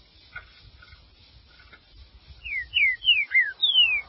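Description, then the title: Green-winged saltator song: a few soft notes, then a quick run of five clear whistled phrases, each sliding downward, in the last two seconds. "Trinca Ferro"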